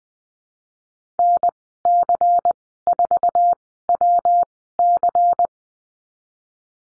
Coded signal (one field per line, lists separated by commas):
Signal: Morse code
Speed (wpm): 20 wpm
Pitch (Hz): 700 Hz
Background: none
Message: NC4WC